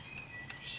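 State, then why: Torque reached. A torque wrench set to 5.5 kg m tightens the front wheel hub bearing nut on a Suzuki Katana. It gives a short, sharp click at 0.5 s over a steady background hiss, showing the nut has reached the set torque.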